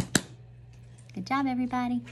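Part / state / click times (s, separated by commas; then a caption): plastic lid onto play-dough tub / seated / 0.2 s. A plastic lid is pressed onto a play-dough tub to keep the dough from drying out. A single sharp snap is heard at 0.2 s as the lid seats shut, followed by someone talking.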